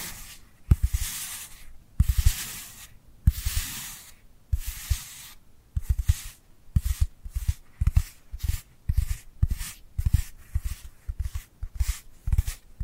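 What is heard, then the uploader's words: Dry hands rub together, each stroke a bright, papery hiss with a soft low thump as the palms meet. The strokes start slow and spaced, about one every second, then quicken into shorter, denser rubs after the sixth second. No voice or background sound. ASMR Dry Dry Dry Hand Sounds to Beat Your Tingle Immunity (No Talking).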